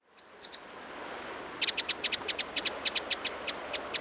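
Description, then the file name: Eurasian wren calls: a few faint ticks, then a rapid series of sharp, high clicking notes. "Troglodytes troglodytes"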